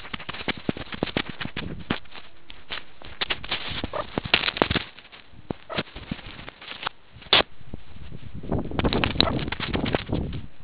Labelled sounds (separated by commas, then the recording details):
meerkat close call
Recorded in the Kuruman River Reserve, South Africa
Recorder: an audio tag on a meerkat's collar